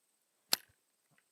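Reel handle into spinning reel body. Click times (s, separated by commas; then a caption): 0.5 s. A spinning reel handle is moved to the other side and pushed into the spinning reel body to change the reeling hand, and it pops into place with a sharp tick at 0.5 s. A much fainter tick follows at 1.2 s, and the handle is seated.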